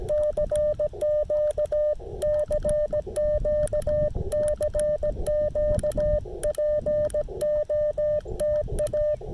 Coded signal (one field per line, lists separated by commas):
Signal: Morse code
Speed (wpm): 17 wpm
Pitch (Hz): 600 Hz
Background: none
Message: CQ CQ CQ POTA